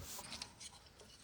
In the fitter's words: Again, that kind of over trim piece pops right back in.